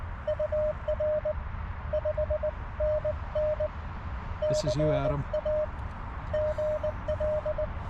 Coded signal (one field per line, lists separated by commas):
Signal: Morse code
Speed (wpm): 18 wpm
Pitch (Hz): 600 Hz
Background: speech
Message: UR 5NN CA GL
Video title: POTA and Morse Tutor Kit Building with Vince VE6LK/AI7LK | Parks on the Air